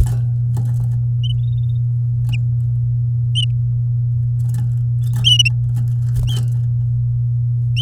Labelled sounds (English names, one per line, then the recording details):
Domestic Canary song
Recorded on 9 May 2018 at 09:38
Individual llb16